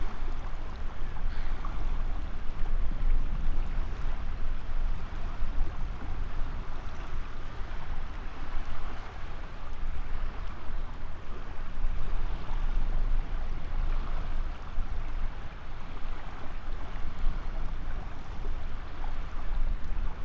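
A ship passes on the estuary, a steady deep engine rumble under constant hissing wash and wind, unchanging across the whole stretch.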